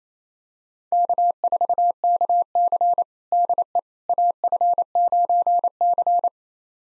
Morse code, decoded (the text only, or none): K4KC DE AF9C